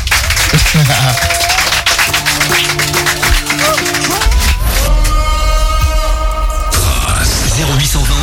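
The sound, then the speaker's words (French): A large audience in the Trace FM studio claps and applauds a live guest during the radio show Génération 97, in a dense, steady patter, mixed with sustained musical tones, before a bright electronic jingle with shimmering high notes takes over. “Sous vos applaudissements s'il vous plaît.”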